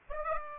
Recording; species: mosquito wingbeat signal from an infrared sensor; Aedes aegypti